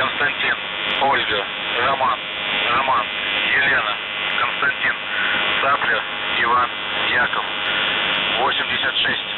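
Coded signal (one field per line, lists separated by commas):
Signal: coded military voice message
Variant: UVB-76, Russian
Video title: UVB-76/The Buzzer Voice Message - June 14, 2023 14:05 UTC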